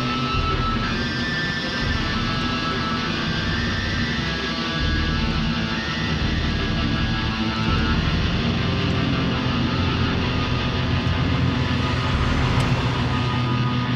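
Public transport traffic rumbles on without pause, a thick, steady low roar filling the whole clip. Sustained tones sit above it like held synthesizer or organ notes, and the loudness stays level throughout, with only a slight swell after about eight seconds.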